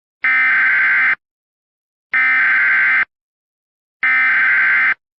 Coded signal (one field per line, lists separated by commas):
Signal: Emergency Alert System (SAME) tones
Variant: header bursts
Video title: *VALID TONES* Hellmo (EAS Scenario)